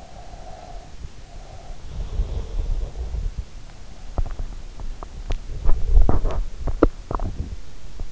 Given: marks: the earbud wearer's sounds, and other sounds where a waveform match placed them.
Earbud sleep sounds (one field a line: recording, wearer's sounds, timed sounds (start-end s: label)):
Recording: sounds in sleep by an in-ear microphone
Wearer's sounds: breath, body movement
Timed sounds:
0.09-1.93 s: breath
2.18-8.12 s: body movement